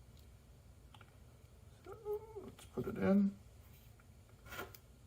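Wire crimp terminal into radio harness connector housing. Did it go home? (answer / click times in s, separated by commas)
yes / 4.8 s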